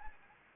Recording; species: mosquito wingbeat signal from an infrared sensor; Anopheles arabiensis